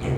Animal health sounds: contact call of a hoofed animal; pig; closed-mouth grunt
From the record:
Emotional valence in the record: positive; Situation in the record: food and toys in familiar pen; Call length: 0.17 s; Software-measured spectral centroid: 1540 Hz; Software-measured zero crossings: 1000 a second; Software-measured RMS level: -24 dBFS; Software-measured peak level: -13 dBFS

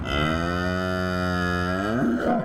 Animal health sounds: contact call of a hoofed animal; cattle; low-frequency (closed-mouth) or high-frequency (open-mouth) call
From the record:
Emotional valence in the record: negative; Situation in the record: full separation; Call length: 2.5 s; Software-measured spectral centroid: 1730 Hz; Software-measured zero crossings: 1860 a second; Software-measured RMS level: -24 dBFS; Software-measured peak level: -11 dBFS

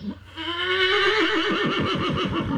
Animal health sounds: contact call of a hoofed animal; horse; whinny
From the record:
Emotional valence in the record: positive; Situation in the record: reunion with the whole group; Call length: 2.7 s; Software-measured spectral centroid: 1970 Hz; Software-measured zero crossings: 2660 a second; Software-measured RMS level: -23 dBFS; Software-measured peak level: -9 dBFS

